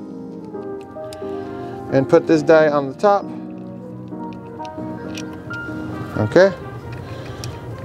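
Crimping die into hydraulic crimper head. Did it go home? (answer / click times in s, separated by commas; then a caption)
yes / 7.4 s. A metal crimping die is placed on top of a four-gauge cable lug in the head of a hydraulic crimper and pushed in, locking into place with a sharp click at 7.4 s. Someone talks and music plays in the background.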